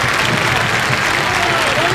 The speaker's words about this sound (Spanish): Ampliamente reconocido por su público, los aplausos que nacen desde los cuatro costados para despedir a Gimnasia, que terminó ganando bien los primeros 45 minutos